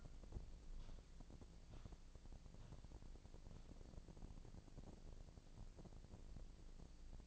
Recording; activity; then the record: daily activity, microphone in the room; walk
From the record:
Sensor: 5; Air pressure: 1012.3 hPa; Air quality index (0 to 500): 156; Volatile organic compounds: 2 ppm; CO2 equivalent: 1072 ppm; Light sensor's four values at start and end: 315/757/323/362 and 309/742/317/353